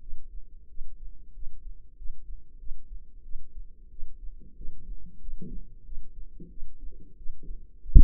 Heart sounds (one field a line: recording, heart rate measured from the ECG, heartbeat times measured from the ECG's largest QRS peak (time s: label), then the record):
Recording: heart sounds by microphone in the left ear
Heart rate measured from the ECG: 92 bpm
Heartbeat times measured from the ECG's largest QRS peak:
0.01 s: heartbeat
0.69 s: heartbeat
1.34 s: heartbeat
1.97 s: heartbeat
2.59 s: heartbeat
3.23 s: heartbeat
3.91 s: heartbeat
4.56 s: heartbeat
5.21 s: heartbeat
5.85 s: heartbeat
6.50 s: heartbeat
7.17 s: heartbeat
7.81 s: heartbeat
From the record:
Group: healthy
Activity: rest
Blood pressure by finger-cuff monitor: 87/61 mmHg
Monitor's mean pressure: 73 mmHg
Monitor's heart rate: 93 bpm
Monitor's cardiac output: 7.8 L/min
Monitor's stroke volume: 84 mL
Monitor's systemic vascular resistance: 680 dyn s/cm5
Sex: female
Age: 22 years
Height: 161 cm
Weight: 65.5 kg